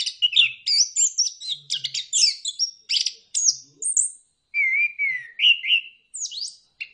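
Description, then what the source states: Bird singing a rapid medley of sharp high chirps, then a short pause followed by smoother wavering whistles and a final downslurred note. Birdsong intended for mastering, that is training, pet birds.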